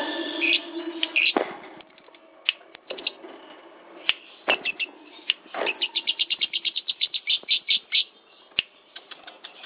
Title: Kicau Burung LoveBird - Suara LoveBird Juara Nasional